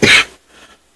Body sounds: coughing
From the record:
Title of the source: 64 coughing, allergies, singing lungs

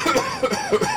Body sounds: coughing mixed with background sound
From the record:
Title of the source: Dry Coughing Fit in the Afternoon.

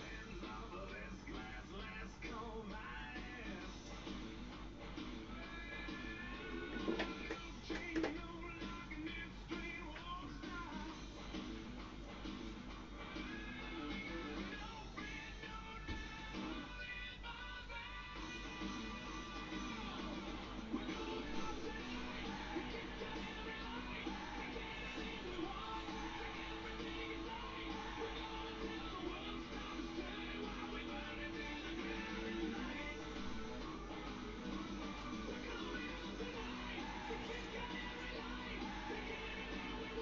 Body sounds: background sound without coughing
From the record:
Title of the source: BackgroundMusic

